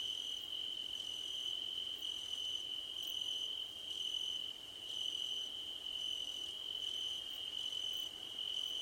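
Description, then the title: Cricket song, a continuous thin trill beneath spaced bursts of higher chirping, about one per second. Crickets at night under a starlit sky. "Nighttime Ambience with Crickets"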